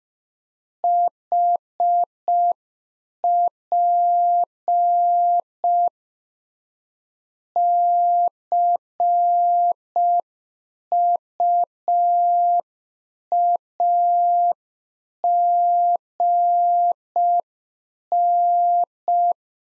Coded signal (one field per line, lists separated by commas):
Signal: Morse code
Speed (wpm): 5 wpm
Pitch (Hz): 700 Hz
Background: none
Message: HP CUAGN